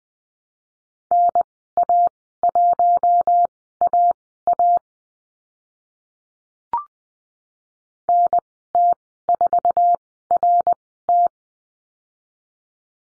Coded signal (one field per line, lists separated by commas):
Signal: Morse code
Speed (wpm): 20 wpm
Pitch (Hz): 700 Hz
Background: none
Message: NA1AA NT4RT